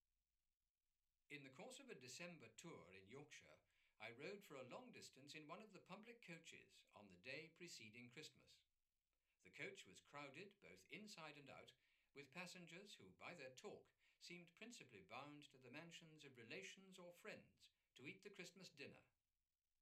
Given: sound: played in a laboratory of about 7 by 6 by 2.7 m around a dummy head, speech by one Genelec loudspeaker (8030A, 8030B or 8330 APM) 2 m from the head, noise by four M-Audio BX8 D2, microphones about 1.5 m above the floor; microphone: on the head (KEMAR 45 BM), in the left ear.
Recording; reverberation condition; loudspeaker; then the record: male speech in English; low; 30 degrees to the left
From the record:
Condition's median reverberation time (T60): about 310 ms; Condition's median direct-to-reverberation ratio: about 3.5 dB